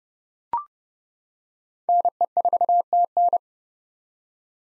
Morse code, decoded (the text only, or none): NE4TN